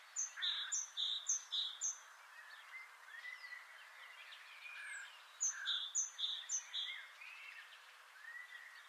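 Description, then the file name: Great tit singing a ringing, repeated two-syllable phrase in a run of four, a pause, then another run, with softer chirps and whistles beneath. "Parus major"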